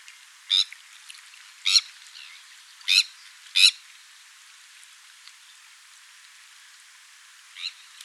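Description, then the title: Sandwich tern calls: four loud, harsh grating notes in the first four seconds, then a quiet stretch and one softer call near the end. "Sylvain Jaskowiak - Mes piafs. Sternes Caugek"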